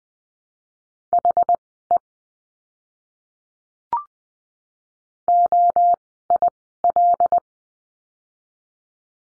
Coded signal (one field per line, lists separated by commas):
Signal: Morse code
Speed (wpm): 20 wpm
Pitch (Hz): 700 Hz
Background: none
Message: HE OIL